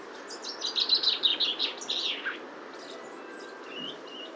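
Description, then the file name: Common chaffinch calls: a quick run of high chirping notes ending in a descending slur, followed by quieter scattered high notes over low background noise. "Fringilla coelebs"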